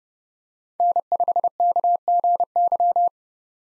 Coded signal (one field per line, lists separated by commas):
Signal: Morse code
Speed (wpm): 30 wpm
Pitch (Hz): 700 Hz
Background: none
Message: N5KGY